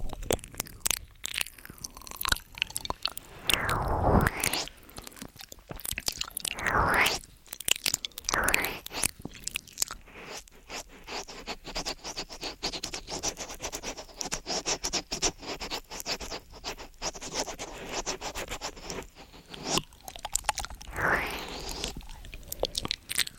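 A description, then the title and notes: Mouth sounds and ear eating, a dense run of wet clicks, smacks and crackly scratching that fills the whole clip. Softer, loud swells of breathy rustle rise around 4, 7 and 21 seconds. From about 10 to 20 seconds the crackling turns rapid and steady. MOUTH SOUNDS & EAR EATING Tascam & Dummyhead.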